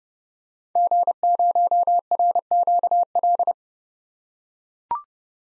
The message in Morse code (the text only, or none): G0RQL